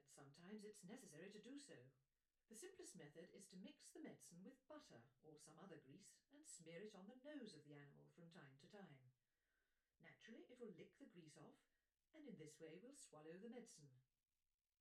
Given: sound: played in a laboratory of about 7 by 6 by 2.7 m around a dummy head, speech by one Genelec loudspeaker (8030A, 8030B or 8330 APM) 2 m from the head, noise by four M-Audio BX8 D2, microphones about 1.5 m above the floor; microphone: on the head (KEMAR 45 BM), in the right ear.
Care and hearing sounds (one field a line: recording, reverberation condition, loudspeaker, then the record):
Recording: female speech in English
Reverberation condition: low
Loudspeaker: 60 degrees to the left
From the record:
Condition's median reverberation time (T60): about 310 ms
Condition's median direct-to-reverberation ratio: about 3.5 dB